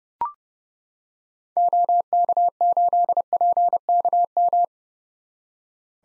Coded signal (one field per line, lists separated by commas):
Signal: Morse code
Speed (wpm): 30 wpm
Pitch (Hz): 700 Hz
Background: none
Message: OK8PKM